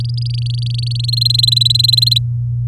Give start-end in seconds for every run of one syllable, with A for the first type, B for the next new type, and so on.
0.00-1.06 A, 1.08-2.18 B